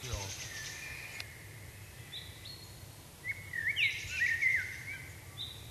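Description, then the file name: Common blackbird: faint high notes early on, then a louder warbled song phrase over a constant low hiss. "Turdus merula"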